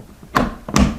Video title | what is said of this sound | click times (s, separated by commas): Nest Learning Thermostat - Unbox, Install & App Setup | so that was definitely was the clicking sound that I wanted to hear again | 0.4 s, 0.8 s